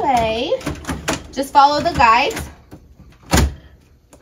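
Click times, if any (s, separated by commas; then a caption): 4.1 s. A plastic toner cartridge is slid along the guides into a laser printer while someone talks, followed by a broadband sliding thunk around 3.4 s. It clicks into place inside at 4.1 s, so it is installed.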